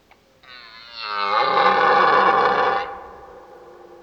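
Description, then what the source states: Red deer bellowing: a single loud, harsh roar that swells quickly, holds for about a second and a half, then fades, with a quiet background. Old stag roaring during the rut (burlen).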